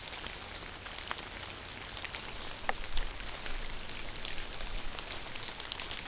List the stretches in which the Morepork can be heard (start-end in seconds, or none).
none